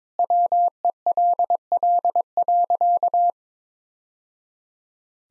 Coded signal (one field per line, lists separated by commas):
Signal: Morse code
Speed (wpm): 22 wpm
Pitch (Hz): 700 Hz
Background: none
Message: WELL.